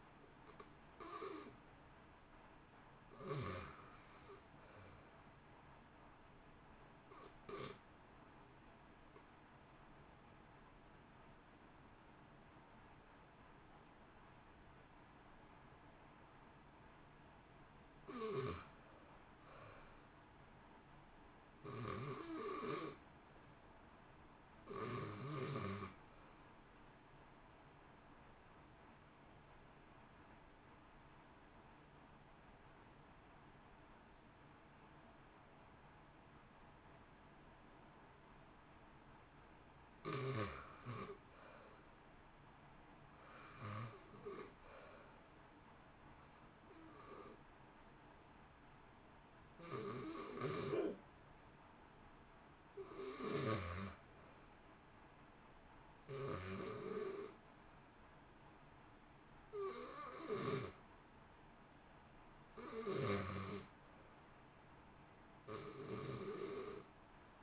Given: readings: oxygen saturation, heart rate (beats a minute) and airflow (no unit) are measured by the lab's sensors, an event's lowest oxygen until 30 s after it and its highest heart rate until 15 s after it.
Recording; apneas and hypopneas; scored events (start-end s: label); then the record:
breathing in sleep by a voice recorder at the bedside; 2
8.00-20.40 s: hypopnea (REM, oxygen 91% highest, then 83% lowest, heart rate 60 at the start, 65 highest)
34.00-63.10 s: hypopnea (REM, oxygen 93% highest, then 81% lowest, heart rate 58 at the start, 71 highest)
From the record:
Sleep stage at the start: REM sleep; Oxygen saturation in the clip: 83 to 93%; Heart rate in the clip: 58 to 71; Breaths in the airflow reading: 23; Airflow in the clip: -0.9 to 1.7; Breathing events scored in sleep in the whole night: 328 in 6.3 hours asleep